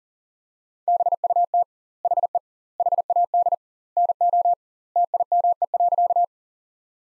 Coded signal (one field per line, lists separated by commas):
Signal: Morse code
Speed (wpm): 40 wpm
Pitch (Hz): 700 Hz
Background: none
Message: BUT HE HAD NO TIME.